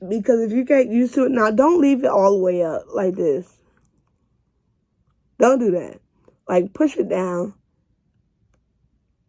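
A woman talks while pressing her denture up into her mouth over the gums, deliberately not all the way. No pop is heard, only a few very faint ticks in the pauses. The denture has not clicked into place and is still sitting up a little.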